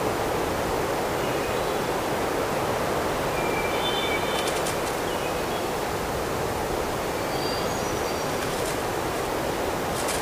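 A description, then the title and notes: A steady, dense rush of wind and surf fills a midsummer island forest from start to finish, with a low rumble underneath. Brief high bird calls and chirps cut through around the middle and again near the end. Midsummer forest on a small island.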